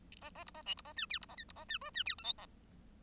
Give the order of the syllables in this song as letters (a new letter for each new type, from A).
A A B A C B A D E B A F B A D G D E H I A